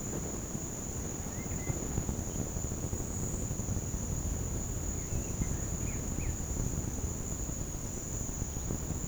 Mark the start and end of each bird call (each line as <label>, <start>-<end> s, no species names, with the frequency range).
bird call (1.1-2.9 kHz), 1.34-1.80 s
bird call (1.3-3.1 kHz), 5.06-6.35 s